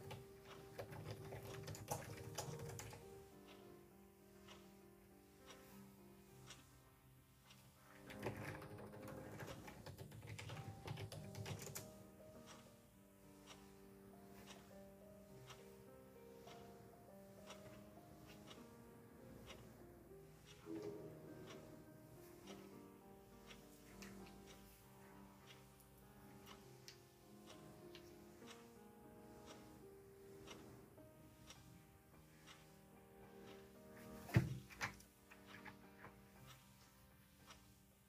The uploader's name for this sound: ticking clock, keyboard, lofi music, kpop instr.